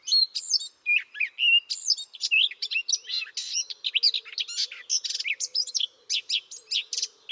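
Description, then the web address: Bird chirping: clear whistled slurs at first, then a fast, crowded series of sharp high chirps and trills over a faint low hum. "Bird Only"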